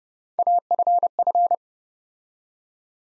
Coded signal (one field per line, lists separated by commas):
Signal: Morse code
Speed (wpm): 28 wpm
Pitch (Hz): 700 Hz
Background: none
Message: AFF